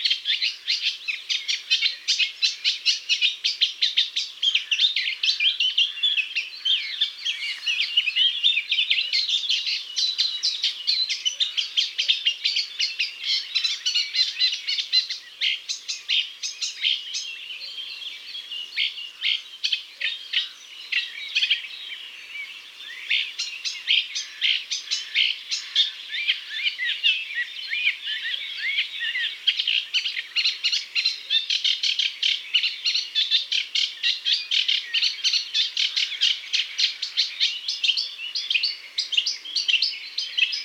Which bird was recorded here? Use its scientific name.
Acrocephalus scirpaceus